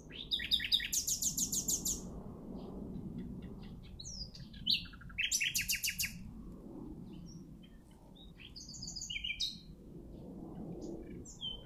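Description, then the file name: Common nightingale delivering loud, rapid rattling phrases and scattered sharp chirps, with noticeable low rumbling background noise throughout. "Luscinia megarhynchos"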